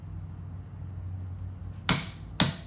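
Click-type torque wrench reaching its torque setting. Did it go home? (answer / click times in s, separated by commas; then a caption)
yes / 1.9 s. An ETOOLAB TW230I/TW50F click-type torque wrench set to 20 is pulled under a low steady hum until it breaks over at its setting, giving one solid, sharp click at 1.9 s. A second, slightly quieter sharp snap follows at 2.4 s, confirming the wrench clicked at its set torque.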